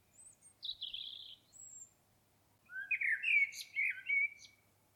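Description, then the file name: Common blackbird opening with thin high squeaks and a scratchy note, then a mellow fluty warbled phrase with clear whistled notes. "Turdus merula"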